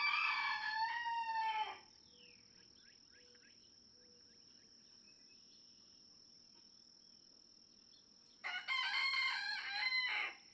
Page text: Birdsong for the Curious Naturalist. Red junglefowl (chicken) No two roosters crow alike in this Kentucky barnyard. June 2, 2010. Just outside Mammoth Cave National Park, Kentucky